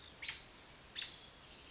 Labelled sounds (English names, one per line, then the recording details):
American Robin
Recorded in Sonoma County, California